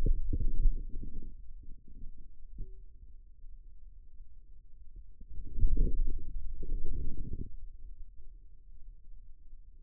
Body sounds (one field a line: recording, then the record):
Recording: forearm muscle sounds (acoustic myography)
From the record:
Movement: pen grasping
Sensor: system 2, bracelet of six BSWA MPA416 microphones around the upper forearm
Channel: 6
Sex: male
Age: 22 years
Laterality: right